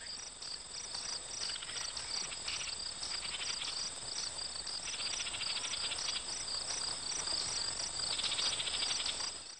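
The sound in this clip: Crickets chirping steadily in a dense, high-pitched chorus, with bursts of rapid pulsed trills throughout.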